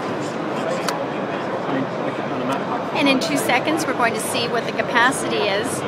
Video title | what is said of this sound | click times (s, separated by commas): NAB2011: Touchscreen-Recorder Ninja von Atomos | then you put it into the ninja and pops right in here and | 0.9 s